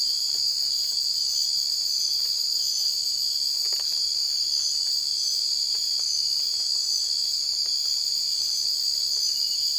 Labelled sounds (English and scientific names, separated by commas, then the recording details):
none
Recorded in dense forest near Puerto Asís, Putumayo, Colombia, on 20 December 2024 at 01:00
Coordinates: 0.482, -76.320
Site G021